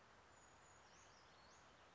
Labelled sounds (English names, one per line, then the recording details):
Brown Creeper
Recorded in Sonoma County, California